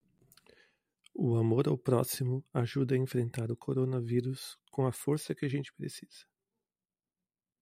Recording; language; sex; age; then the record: spoken sentence; Brazilian Portuguese; female; 50 to 59 years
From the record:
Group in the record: control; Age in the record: 52 years